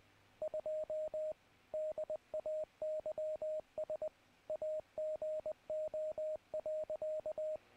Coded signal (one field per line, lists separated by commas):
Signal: Morse code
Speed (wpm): 20 wpm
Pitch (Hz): 620 Hz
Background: radio noise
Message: 2 DAYS AGO.